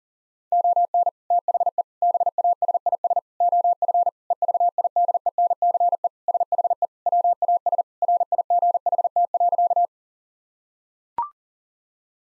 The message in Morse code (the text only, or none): ON THE BASIS OF EVIDENCE SHE WAS RIGHT.